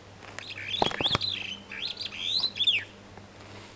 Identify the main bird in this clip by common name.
Superb Starling